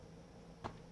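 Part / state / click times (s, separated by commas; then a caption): CPU into motherboard socket retention mechanism / seated / 0.7 s. A CPU dropped into a motherboard socket is pushed down, and its retention mechanism gives one short, sharp click at 0.7 s over a steady low hum. The CPU is now seated and locked into place.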